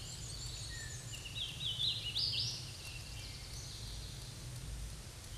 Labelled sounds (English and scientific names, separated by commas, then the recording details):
Hooded Warbler (Setophaga citrina) song
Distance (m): 25 m
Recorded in a Pennsylvania forest on 18 May 2023 at 05:50
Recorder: AudioMoth, point grid1_15_low
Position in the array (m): 55 m, 188 m